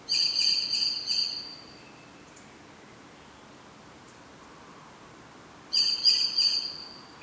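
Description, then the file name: Common blackbird calls: a thin, high trilled whistle at the start and another after a long quiet gap of about four seconds. "Turdus merula"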